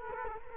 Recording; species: mosquito wingbeat signal from an infrared sensor; Culex quinquefasciatus